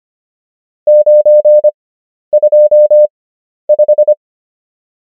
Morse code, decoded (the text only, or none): 925